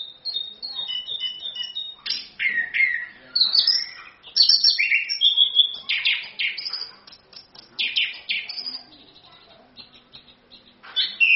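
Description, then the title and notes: Orange-headed thrush singing a rich, fast, varied song of whistled and scratchy phrases, with brief pauses between bursts and a quieter stretch near the end. Song style called ngerol (continuous rolling song) and gacor (singing prolifically); meant as a pancingan to provoke other birds to sing and as a masteran tutor recording. "ANIS KEMBANG GACOR, ANIS KEMBANG NGEROL, PANCINGAN ANIS KEMBANG BIAR BUNYI. Masteran Anis Kembang"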